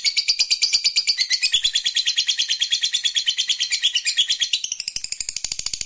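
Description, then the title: Lovebird chatter, a fast, steady run of shrill, scratchy chirps with no break throughout. "Suara Lovebird"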